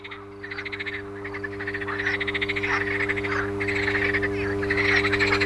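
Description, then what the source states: Frogs giving rapid rattling croaks, pulses packed several per second, calls overlapping and building in loudness, with a constant low electrical hum beneath. Frogs recorded alongside an electrical transformer.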